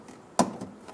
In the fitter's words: push until you hear a click